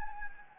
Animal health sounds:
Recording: mosquito wingbeat signal from an infrared sensor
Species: Anopheles gambiae

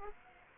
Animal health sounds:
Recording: mosquito wingbeat signal from an infrared sensor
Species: Aedes aegypti

